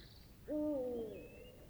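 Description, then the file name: Eurasian eagle-owl giving a single low hoot with a harmonic overtone, slightly falling at the end, lasting under a second; faint high whistle in the background. Male hooting. "Eurasian Eagle Owl Devils Cackles Of Female Hooting Of Male"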